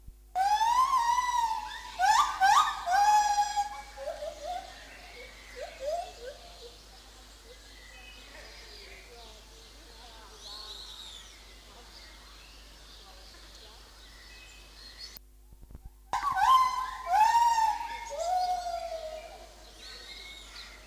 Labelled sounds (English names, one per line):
Lar Gibbon